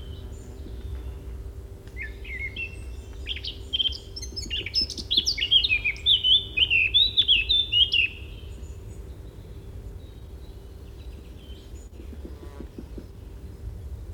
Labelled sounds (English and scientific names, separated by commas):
Eurasian Blackcap (Sylvia atricapilla) song